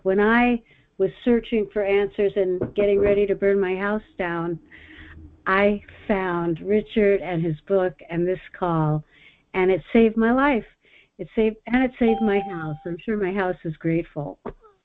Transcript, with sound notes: When I was searching for answers and getting ready to burn my house down, I found Richard and his book and this call, and it saved my life. It saved... and it saved my house (bell rings) . I'm sure my house is grateful.